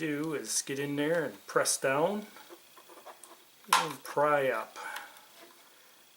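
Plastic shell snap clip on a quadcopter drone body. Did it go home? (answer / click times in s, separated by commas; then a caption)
released / 3.7 s. On a DJI Phantom 4 Pro quadcopter drone undergoing shell and motor replacement, the damaged plastic shell is pressed down and pried up to release its snap clip while someone talks. A loud, sharp pop sounds at 3.7 s as the clip pops loose and the shell is released.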